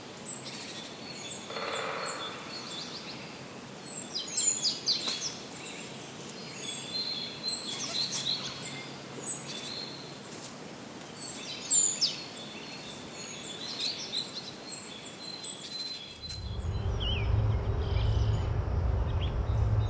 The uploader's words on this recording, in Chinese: 大自然的声音（合集）！白噪音。